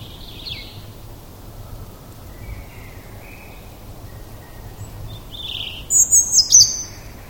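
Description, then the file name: European robin song: faint scattered high notes, then a short, very high, sharp, trilled twitter near the end, with a low background hum throughout. "Erithacus rubecula"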